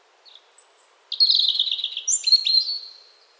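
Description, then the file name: European robin song: a high thin whistle, then a fast jumbled warble, with bright sliding notes and abrupt pitch jumps. "Erithacus rubecula"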